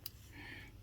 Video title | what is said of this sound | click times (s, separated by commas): Rats....workshop under attack! Popular rat traps put to the test. Pt. 1 #2614 | place the trap oh that's it it just clicks into place that's nifty | 0.1 s